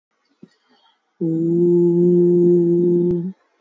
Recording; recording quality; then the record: sustained vowel as in boot; moderate, slight background noise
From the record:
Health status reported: healthy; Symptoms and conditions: hypertension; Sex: male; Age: 28 years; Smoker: not ticked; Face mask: not worn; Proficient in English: yes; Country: India